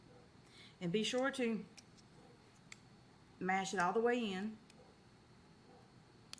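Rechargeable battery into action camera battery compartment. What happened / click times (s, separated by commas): The battery clicked into its compartment / 6.3 s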